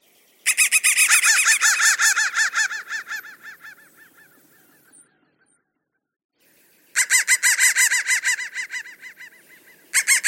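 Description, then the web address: Crow harsh calls in two rapid bursts of hoarse, arched notes, each fading out, separated by a silent pause of about two seconds, then a third burst beginning at the very end. "soundfactory crow"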